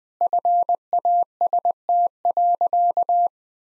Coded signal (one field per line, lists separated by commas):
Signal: Morse code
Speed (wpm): 20 wpm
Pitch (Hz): 700 Hz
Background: none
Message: FAST.